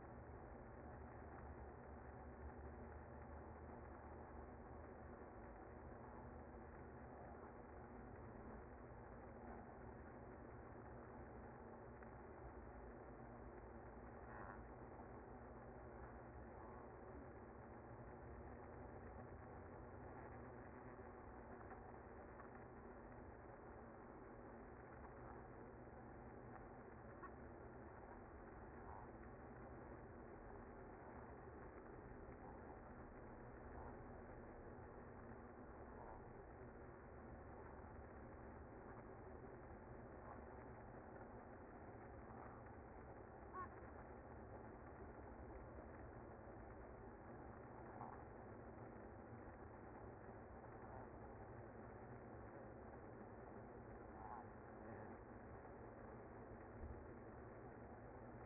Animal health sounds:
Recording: honeybee colony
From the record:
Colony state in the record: active

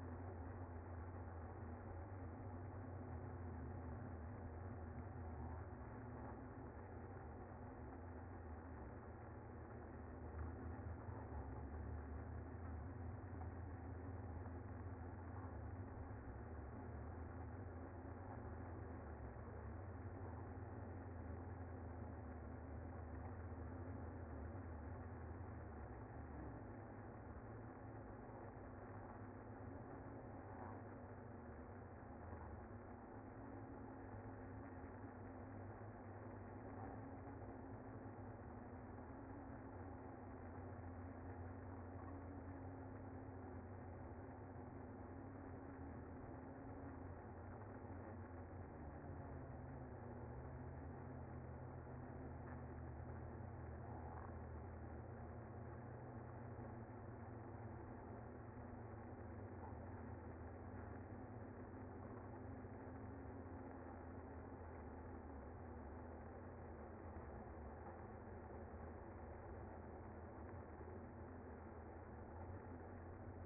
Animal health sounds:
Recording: honeybee colony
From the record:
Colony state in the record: active

